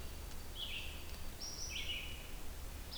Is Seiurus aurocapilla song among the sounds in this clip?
no